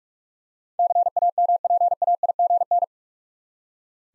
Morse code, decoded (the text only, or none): CAMPAIGN